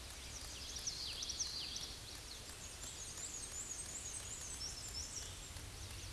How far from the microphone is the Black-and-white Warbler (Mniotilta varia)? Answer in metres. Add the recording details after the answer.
about 30 m. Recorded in a Pennsylvania forest on 18 May 2023 at 08:32. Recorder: AudioMoth, point grid1_32_low. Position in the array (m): 87 m, 93 m